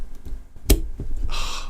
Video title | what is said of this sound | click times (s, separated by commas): Nintendo Switch Reactions | when you snap you to those in there's a listen it's so gratifying | 0.7 s